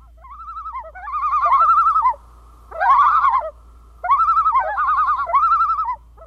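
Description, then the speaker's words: Common loon calls: quavering, laughing phrases wobbling around one mid pitch, in three bursts split by short pauses, over a low steady hum. Naturalist John Muir described the call as one of the wildest, most striking wilderness sounds, a strange, sad, mournful, unearthly cry, half laughing, half wailing. "This is the call of the common loon."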